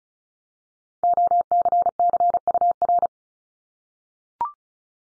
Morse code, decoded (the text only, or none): OCCUR